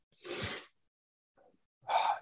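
A sudden, noisy, explosive burst of breath from an adult, a sneeze, followed by a faint short sound and then a second loud burst.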